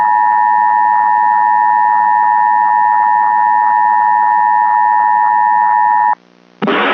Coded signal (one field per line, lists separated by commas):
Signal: Emergency Alert System (SAME) tones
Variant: 853 and 960 Hz attention tone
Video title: [2012R EAS Scenario TEASER] - don't try putting all the counties from a tornado watch